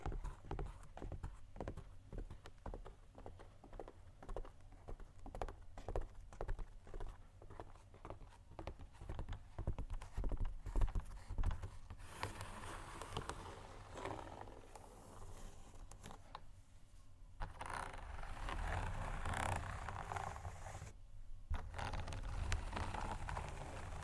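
Shoes tap in a quick, uneven rhythm for the first twelve seconds, then give way to denser scraping and scratching with brief pauses.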